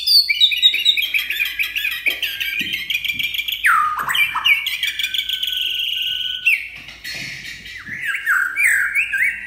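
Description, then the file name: White-rumped shama song: a dense, varied stream of high whistles, chatters and sweeping notes with hardly a pause. Champion bird from a singing contest. "suara murai batu juara lomba"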